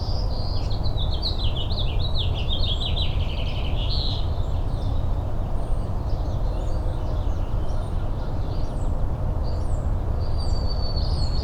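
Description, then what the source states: Birds singing, with quick chirping and trilled phrases in the first four seconds and a thin whistle near the end, over a steady hiss of falling rain. Morning birdsong recorded in rain at Richland, Washington, on 17 April 2008.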